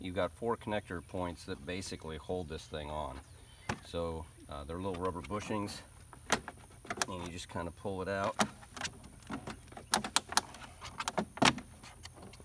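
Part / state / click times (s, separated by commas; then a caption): plastic side trim panel with rubber bushings coming out of motorcycle body mounts / released / 9.9 s, 10.2 s, 10.4 s, 11.1 s. A plastic side trim panel is pulled off a 2018 Goldwing motorcycle, its four rubber bushing connector points coming out of the body mounts. Someone talks first, then sharp pops and cracks are heard at 9.9, 10.2, 10.4 and 11.1 seconds as the bushings release. The panel comes free, which is normal because it is plastic.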